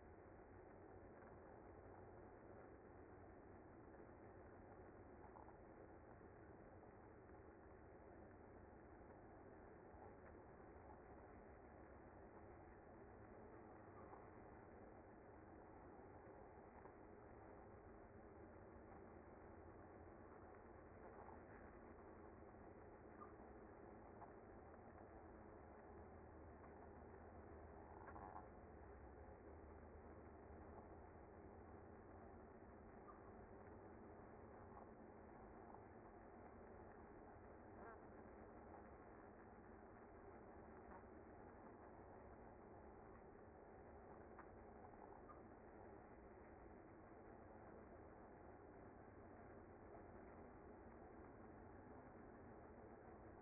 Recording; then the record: honeybee colony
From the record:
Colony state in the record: active